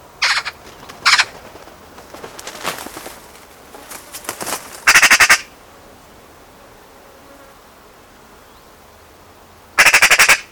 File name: Pica pica